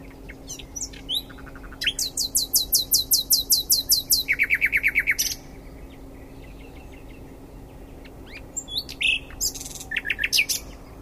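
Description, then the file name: Common nightingale song: a long, rapid series of loud repeated chirps lasting several seconds, shifting to lower buzzy notes, silence, then a new varied phrase. "Luscinia megarhynchos"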